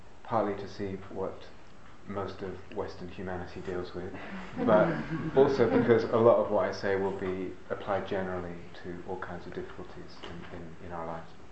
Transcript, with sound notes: partly to see what most of Western humanity deals with... [laughter] But also because a lot of what I say will be applied generally to all kinds of difficulties in our lives.